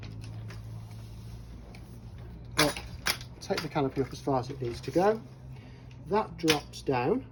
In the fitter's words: which you click into place and then put the sleeve over the top and that supports the